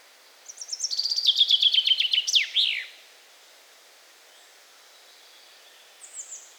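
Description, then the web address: Common chaffinch song, a fast trill falling in pitch and closing with an emphatic downward flourish, followed by quiet and a brief high note near the end. "bnpi sounds erdei pinty"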